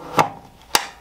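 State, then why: Seated. A twist-lock power cord plug is inserted into the power socket of a Thunder Laser Nova 24 laser cutter and turned until it locks. A first knock is heard at about 0.2 s, then a sharp, bright click at 0.8 s as the plug locks in and is seated.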